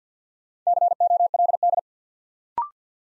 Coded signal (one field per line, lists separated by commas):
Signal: Morse code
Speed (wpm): 48 wpm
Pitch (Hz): 700 Hz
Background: none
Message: COLD